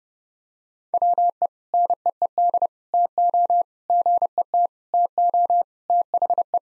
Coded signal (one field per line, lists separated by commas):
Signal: Morse code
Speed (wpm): 30 wpm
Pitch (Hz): 700 Hz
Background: none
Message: WE NEED TO GET TO THE